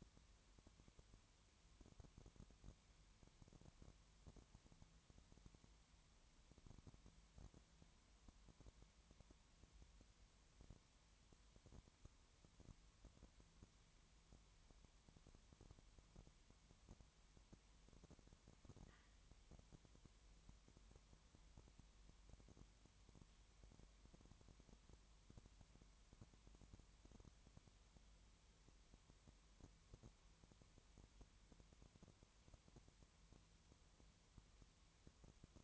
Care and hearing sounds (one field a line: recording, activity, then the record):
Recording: daily activity, microphone in the room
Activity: no activity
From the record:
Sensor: 3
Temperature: 20.5 degrees Celsius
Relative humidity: 32.9%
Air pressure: 1003.2 hPa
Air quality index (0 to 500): 106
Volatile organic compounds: 2 ppm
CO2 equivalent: 1075 ppm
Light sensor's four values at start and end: 2/3/2/2 and 2/3/2/2